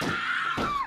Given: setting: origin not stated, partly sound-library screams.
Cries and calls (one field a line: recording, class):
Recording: one-second piece from a danger detection set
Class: woman in danger